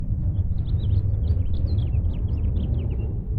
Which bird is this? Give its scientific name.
Haemorhous mexicanus